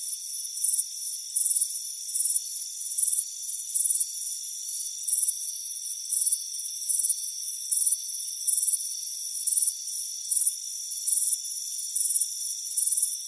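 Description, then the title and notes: Cricket chirps come as a steady run of short, shrill trilled bursts over a constant high-pitched insect hum. "Soothing Crickets Chirping Sound. It's a warm afternoon as you relax in a hammock on the front porch. Relax and fall asleep to the soothing sound of chirping crickets. Deep Sleep Sounds"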